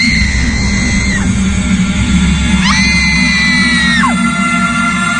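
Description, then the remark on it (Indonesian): Two long, piercing screams from far away, coming from one of the tents being put up for a school event, each a high sustained wail that drops sharply in pitch at the end, over a steady low rumble of background noise. “Sampai ketika aku sedang mengecek kondisi panggung, dari kejauhan ku dengar suara teriakan yang sangat kencang sekali.”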